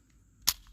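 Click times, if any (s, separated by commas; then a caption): 0.5 s. A magazine is slapped into the grip of a Taurus Spectrum .380 micro pistol, giving a single sharp, bright crack at 0.5 s as it locks into place. The firm whack is used because the magazine otherwise tends to come back out.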